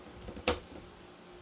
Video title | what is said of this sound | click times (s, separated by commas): Unboxing 2 innerkid kemerut | Nag-click na. | 0.5 s